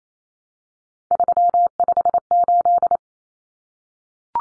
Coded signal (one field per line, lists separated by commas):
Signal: Morse code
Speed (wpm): 28 wpm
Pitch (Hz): 700 Hz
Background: none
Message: 358